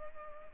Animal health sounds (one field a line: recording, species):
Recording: mosquito wingbeat signal from an infrared sensor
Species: Culex pipiens